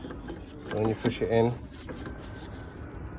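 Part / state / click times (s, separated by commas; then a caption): engine air filter into filter housing / not seated / none. A K&N engine air filter for a BMW 440i F36 Gran Coupe is being handled with its fin side going into the plastic filter housing. Someone talks over low rubbing and handling noise. The clip ends before the filter goes home, so nothing has popped or seated yet.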